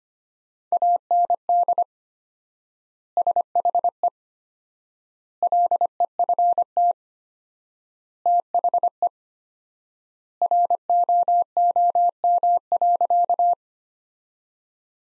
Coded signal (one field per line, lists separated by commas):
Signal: Morse code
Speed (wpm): 25 wpm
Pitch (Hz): 700 Hz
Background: none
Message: AND SHE LEFT THE ROOM.